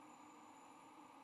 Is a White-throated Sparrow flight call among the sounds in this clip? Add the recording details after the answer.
no. No flight call is heard. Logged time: 01:50 on 16 November 2014